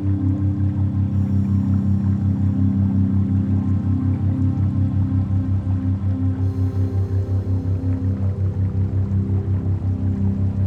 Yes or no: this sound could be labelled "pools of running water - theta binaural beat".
yes